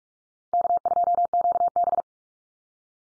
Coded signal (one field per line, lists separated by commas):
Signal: Morse code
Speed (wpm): 44 wpm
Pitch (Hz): 700 Hz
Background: none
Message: K2QB